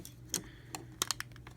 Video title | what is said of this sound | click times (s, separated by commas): Mastermind Creations - R13 Reformatted SPARTAN | from the foot that folds up snaps into place you hear that click | 1.0 s